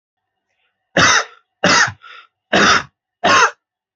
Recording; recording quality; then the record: heavy voluntary cough; excellent, no background noise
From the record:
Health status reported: healthy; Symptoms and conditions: none ticked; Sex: male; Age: 24 years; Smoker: not ticked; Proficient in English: yes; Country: India